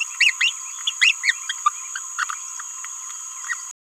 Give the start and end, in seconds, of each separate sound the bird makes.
0.00-0.04, 0.20-0.33, 0.40-0.52, 1.01-1.15, 1.23-1.34, 1.49-1.54, 1.64-1.70, 2.18-2.25